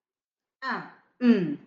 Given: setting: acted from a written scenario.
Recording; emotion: vocal sound without words; neutral